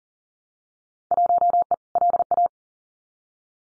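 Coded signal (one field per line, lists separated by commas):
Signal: Morse code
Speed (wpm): 40 wpm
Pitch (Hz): 700 Hz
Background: none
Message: 1E LA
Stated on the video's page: Morse practice at 40 wpm: Field Day exchanges, each sent, spoken, then sent again for head-copy.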